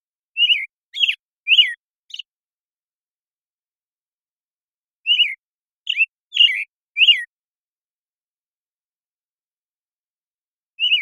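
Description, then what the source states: American Robin giving repeated caroling phrases of several whistled notes, with pauses of a few seconds between them and no other sounds. Morning song in the Pacific Northwest, Washington, United States; very long sequence, parabolic microphone, processed clean, natural pacing kept.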